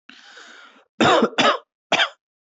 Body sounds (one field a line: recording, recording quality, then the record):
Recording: shallow voluntary cough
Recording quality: excellent, no background noise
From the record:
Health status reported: respiratory illness, not identified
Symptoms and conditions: asthma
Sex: male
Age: 24 years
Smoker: not ticked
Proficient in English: yes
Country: India